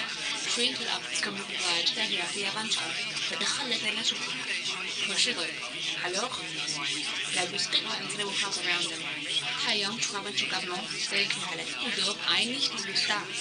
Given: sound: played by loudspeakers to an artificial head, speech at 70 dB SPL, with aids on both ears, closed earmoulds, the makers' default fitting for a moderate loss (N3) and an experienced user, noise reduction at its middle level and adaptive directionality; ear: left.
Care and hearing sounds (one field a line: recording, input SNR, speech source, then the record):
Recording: speech test signal (ISTS) in cocktail-party noise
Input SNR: +3 dB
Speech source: on the right (90 degrees)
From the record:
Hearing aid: class 2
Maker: A